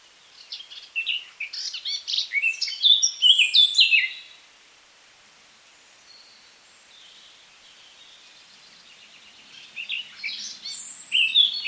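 Eurasian Blackcap song: a rapid warbling phrase of high, jumbled notes building to louder fluty whistles, then a long pause and a second phrase starting near the end.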